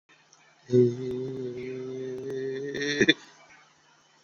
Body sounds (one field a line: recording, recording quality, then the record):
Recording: sustained vowel as in made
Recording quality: excellent, no background noise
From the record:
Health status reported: COVID-19 positive, moderate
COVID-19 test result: positive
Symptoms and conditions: cough, breathing difficulty, sore throat, fever, fatigue, muscle pain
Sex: male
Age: 43 years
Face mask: not worn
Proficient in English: yes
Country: India